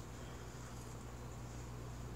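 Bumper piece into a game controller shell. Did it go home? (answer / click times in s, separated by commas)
no / none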